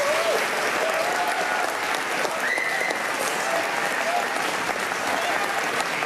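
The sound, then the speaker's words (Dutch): Loud, sustained applause from a large crowd for the nominees of a journalism prize, an initiative of the Fonds Bijzondere Journalistieke Projecten; a dense steady wash of clapping that holds evenly for several seconds, with a few faint cheers or whistles rising above it. “En laten we dan ook meteen maar beginnen met een groot applaus voor de genomineerden.”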